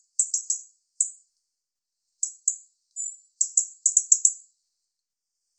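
European robin uttering short, high ticking bursts, some in quick runs of three or four, separated by silent gaps.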